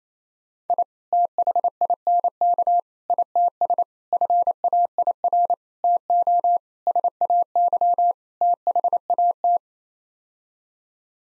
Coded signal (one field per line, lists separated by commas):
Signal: Morse code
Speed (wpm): 28 wpm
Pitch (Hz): 700 Hz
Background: none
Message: I THINK ITS FAIR TO SAY THAT